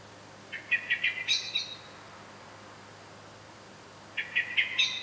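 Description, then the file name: Common blackbird chatters in two short bursts of rapid, scolding notes that step up in pitch, with a quiet gap between them. "Turdus merula"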